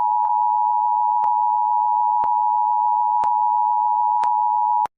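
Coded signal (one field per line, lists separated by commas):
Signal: Emergency Alert System (SAME) tones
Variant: 853 and 960 Hz attention tone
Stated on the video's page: Mock remake of a prank EAS alert, not a real broadcast.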